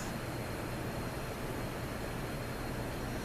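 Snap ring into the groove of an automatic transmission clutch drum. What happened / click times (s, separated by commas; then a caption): The retaining ring is only being positioned; no seating click occurs / none. A snap ring that came out of the groove of a 6R80 automatic transmission clutch drum is handled and lined up on the drum before being pushed home. Only a steady broadband hiss with a faint high tone is heard, with no sudden sounds and no talk. The snap ring has not seated or clicked yet.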